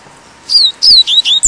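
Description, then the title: Double-collared Seedeater song: after brief quiet, a rapid string of high, downslurred whistled notes, bright and clear, delivered in quick succession. "Canto Coleiro"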